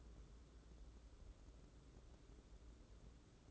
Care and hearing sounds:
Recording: daily activity, microphone in the room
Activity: take from stove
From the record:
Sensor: 3

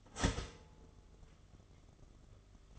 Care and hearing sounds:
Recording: daily activity, microphone in the room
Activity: start toaster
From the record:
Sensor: 4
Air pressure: 1015.5 hPa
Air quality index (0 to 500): 201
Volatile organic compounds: 10 ppm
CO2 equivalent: 2248 ppm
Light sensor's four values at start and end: 4/8/3/2 and 4/9/3/3

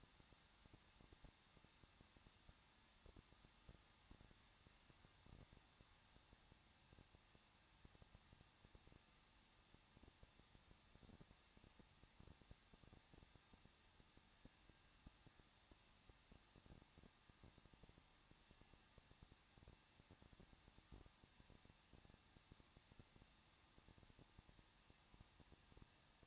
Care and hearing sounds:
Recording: daily activity, microphone in the room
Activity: no activity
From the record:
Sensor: 3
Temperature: 21.2 degrees Celsius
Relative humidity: 36.3%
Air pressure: 1006.5 hPa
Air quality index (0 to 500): 221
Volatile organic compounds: 39 ppm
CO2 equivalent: 3134 ppm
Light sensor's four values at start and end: 2/3/2/2 and 2/3/2/2

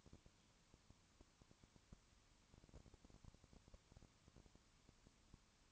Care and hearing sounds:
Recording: daily activity, microphone in the room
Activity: no activity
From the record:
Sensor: 1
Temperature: 19.2 degrees Celsius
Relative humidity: 37.8%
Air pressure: 1001.1 hPa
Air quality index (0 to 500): 198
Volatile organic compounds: 7 ppm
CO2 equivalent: 1995 ppm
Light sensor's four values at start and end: 1/2/1/1 and 1/2/1/1

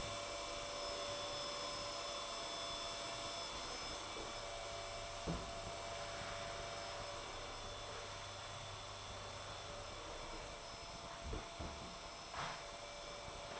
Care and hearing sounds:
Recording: daily activity, microphone in the room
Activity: vacuum cleaning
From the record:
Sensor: 5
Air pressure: 1007.8 hPa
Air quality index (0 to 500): 95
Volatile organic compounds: 1 ppm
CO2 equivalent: 748 ppm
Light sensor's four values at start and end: 38/88/36/36 and 37/88/36/36

